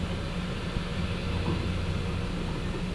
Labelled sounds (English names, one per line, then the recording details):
none
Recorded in pastures near Puerto Asís, Putumayo, Colombia, on 21 December 2024 at 14:30
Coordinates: 0.505, -76.324
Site G063